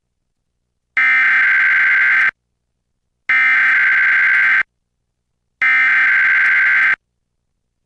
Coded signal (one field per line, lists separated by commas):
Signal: Emergency Alert System (SAME) tones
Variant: header bursts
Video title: EAS #888: EAS Required Monthly Test- Nov. 7, 2023- 10:15AM PST